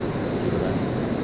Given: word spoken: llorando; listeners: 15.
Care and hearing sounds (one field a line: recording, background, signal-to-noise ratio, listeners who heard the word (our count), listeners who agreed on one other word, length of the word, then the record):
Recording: one Spanish word in noise, from a listening test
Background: speech-shaped noise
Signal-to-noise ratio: -6.4 dB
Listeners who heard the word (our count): 1 of 15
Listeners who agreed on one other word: 7 of 15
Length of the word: 0.84 s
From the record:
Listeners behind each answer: 7, 1, 1, 1, 1, 1, 1, 1, 1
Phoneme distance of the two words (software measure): 24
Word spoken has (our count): 3 syllables, 7 phonemes, stress on syllable 2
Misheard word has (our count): 2 syllables, 5 phonemes, stress on syllable 2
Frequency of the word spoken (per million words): 13.43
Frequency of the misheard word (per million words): 28.21